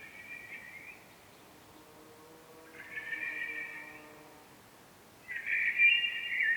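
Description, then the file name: Common blackbird song, three short fluty phrases with pauses between them and a soft, low, steady hum during the first pause and second phrase. "Turdus merula"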